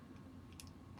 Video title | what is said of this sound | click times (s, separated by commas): Fanhome 1966 Batmobile part 4 | pops into place like that oh that's pretty sturdy like that | 0.6 s